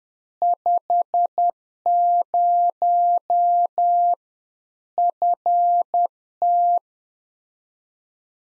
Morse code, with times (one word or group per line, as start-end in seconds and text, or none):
0.4-4.1 50
5.0-6.8 FT